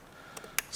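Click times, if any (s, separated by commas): 0.6 s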